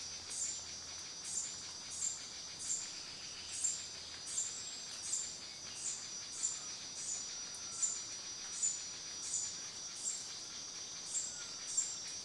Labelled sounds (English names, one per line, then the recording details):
Red-headed Bluebill
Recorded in Kibale, Uganda